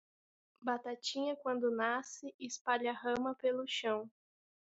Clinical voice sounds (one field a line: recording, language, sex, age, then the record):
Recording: short text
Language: Brazilian Portuguese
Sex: female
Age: 20 to 29 years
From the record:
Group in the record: control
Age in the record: 20 years